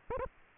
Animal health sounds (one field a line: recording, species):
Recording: mosquito wingbeat signal from an infrared sensor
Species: Aedes aegypti